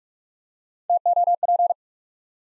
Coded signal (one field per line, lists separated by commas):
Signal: Morse code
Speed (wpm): 44 wpm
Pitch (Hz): 700 Hz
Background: none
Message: TOP